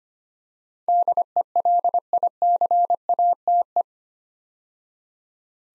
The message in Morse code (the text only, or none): DELICATE